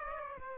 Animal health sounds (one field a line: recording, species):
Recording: mosquito wingbeat signal from an infrared sensor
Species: Aedes aegypti